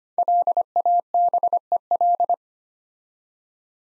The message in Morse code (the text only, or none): LABEL